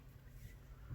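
A Sigma 16mm 1.4 prime lens is being twisted onto the bayonet mount of a Sony A7 III mirrorless camera body, heard as a steady low-frequency rumble with faint handling noise and a slight rise near the end. Nothing has seated or clicked yet; the lens is not yet home.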